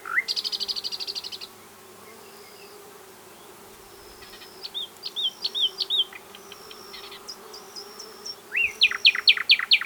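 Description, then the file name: Common nightingale singing: a fast dry rattle opens, then after a pause come thin high whistles and finally a run of sharp rising notes. "Luscinia megarhynchos"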